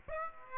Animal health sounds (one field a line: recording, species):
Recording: mosquito wingbeat signal from an infrared sensor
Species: Aedes aegypti